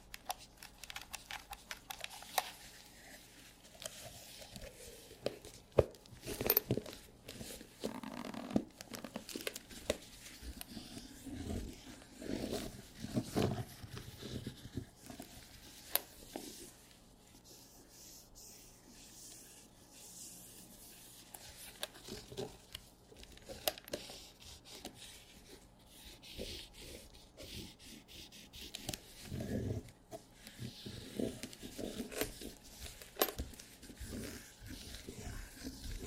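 Leather squeaks and creaks in irregular bursts throughout, with sharp rubbing strains and crackly scrapes clustered most densely around 6 to 15 seconds and again near 29 seconds. Between bursts a faint low steady hum sits underneath, and the activity stays uneven and restless.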